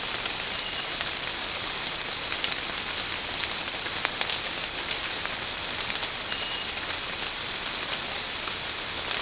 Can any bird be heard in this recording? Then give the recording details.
no. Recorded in secondary vegetation near Puerto Asís, Putumayo, Colombia, on 8 March 2025 at 03:00. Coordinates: 0.485, -76.322. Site G040